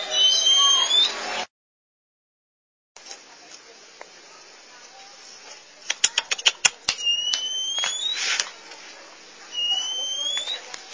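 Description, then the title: Oriental magpie-robin song: a drawn-out whistle, a sudden silent gap, then a rapid series of sharp clicks followed by more long, slowly rising whistles. Song (kicauan). "Suara Kicauan Burung Kacer"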